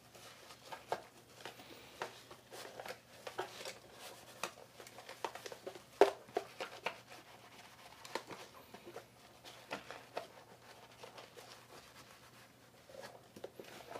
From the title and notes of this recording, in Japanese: 環境音 かつおのたたきらーめん。